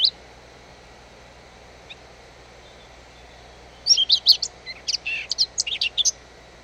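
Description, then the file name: Eurasian blackcap singing a brisk, scratchy warble of rapid high notes after a mostly quiet start with a couple of isolated notes, the phrase lasting over two seconds. "Sylvia atricapilla"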